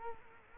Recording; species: mosquito wingbeat signal from an infrared sensor; Culex quinquefasciatus